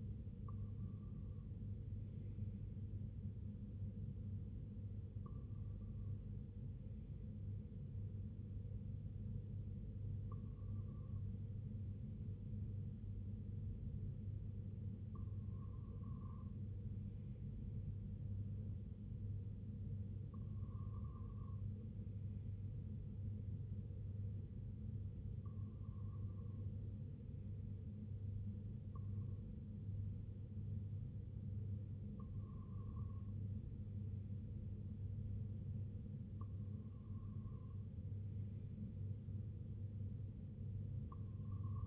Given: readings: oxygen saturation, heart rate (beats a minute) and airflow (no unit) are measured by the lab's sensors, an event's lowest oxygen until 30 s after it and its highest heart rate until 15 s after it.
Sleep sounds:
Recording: breathing in sleep by a smartphone at the bedside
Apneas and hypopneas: 1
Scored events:
3.00-26.20 s: hypopnea (REM, oxygen 97% highest, then 94% lowest, heart rate 66 at the start, 70 highest)
From the record:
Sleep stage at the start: REM sleep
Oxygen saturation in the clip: 95 to 97%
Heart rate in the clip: 62 to 73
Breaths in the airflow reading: 9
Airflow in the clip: -4.4 to 2.7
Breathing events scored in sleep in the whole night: 258 in 7.4 hours asleep

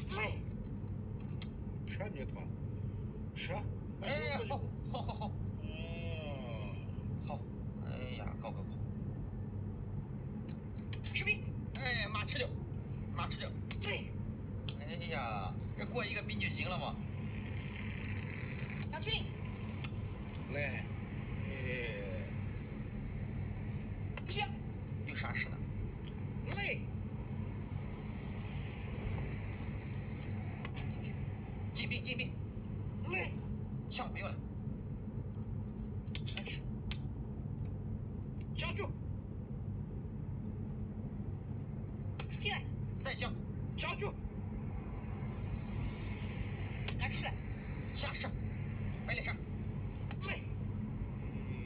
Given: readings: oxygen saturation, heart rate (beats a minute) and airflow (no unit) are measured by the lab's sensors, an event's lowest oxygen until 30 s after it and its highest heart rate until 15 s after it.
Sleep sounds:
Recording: a person awake in a sleep study, by a smartphone at the bedside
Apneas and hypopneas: none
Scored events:
0.00-51.66 s: awake
From the record:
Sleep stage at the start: awake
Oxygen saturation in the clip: 96%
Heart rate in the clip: 77 to 81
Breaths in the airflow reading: 15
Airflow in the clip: -4.4 to 5.8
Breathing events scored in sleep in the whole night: 131 in 7.2 hours asleep

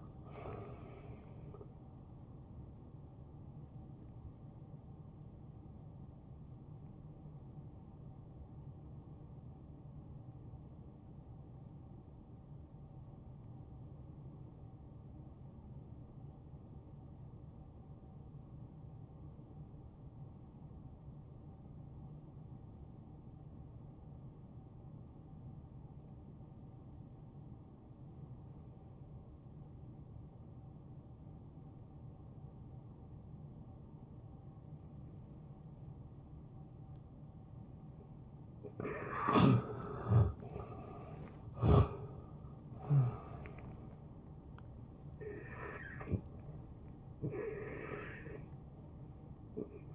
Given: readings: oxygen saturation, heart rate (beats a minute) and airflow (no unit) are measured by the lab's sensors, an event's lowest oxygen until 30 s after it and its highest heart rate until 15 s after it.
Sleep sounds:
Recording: breathing in sleep by a smartphone at the bedside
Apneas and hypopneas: 1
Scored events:
8.00-38.40 s: hypopnea (N1, oxygen 92% highest, then 83% lowest, heart rate 63 at the start, 77 highest)
From the record:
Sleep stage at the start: N1 (lightest sleep)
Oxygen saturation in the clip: 85 to 92%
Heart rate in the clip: 63 to 77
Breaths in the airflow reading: 6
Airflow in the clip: -9.2 to 6.0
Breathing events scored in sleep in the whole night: 263 in 5.5 hours asleep

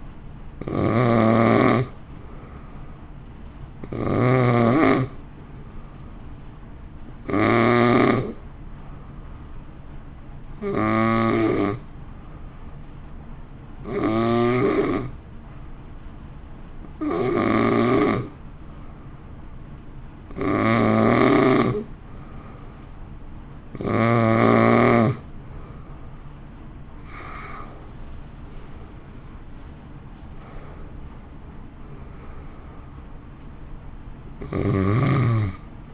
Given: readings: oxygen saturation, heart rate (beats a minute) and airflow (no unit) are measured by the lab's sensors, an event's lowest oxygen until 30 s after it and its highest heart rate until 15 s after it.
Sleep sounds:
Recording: breathing in sleep by a smartphone at the bedside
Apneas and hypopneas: 1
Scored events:
8.00-27.10 s: hypopnea (N2, oxygen 92% highest, then 89% lowest)
From the record:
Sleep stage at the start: N2 (light sleep)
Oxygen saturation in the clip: 89 to 92%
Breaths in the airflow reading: 11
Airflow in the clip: -1.7 to 2.9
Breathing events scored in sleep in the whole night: 328 in 6.3 hours asleep

